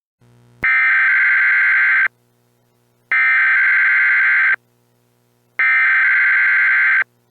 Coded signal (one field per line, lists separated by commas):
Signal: Emergency Alert System (SAME) tones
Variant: header bursts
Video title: EAS Scenario: Silent Phantoms Part II